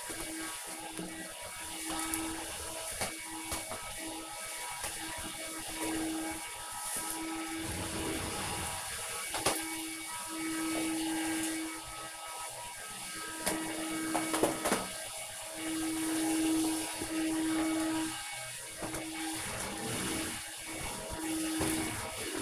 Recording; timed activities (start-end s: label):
household activities, microphone on the right wrist
0.00-22.42 s: vacuum cleaning